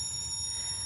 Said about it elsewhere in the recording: One of the things I wanted to do for the documentary was to recreate these tinnitus sounds. And I'm working with producer Kevin Brew in order to do this. You can hear that the sound is moving around a little bit. There's delays on the accents of the sound. We wanted to illustrate in sound that sometimes your ears feel full, and we've put in a kind of a low drone to stand for that feeling.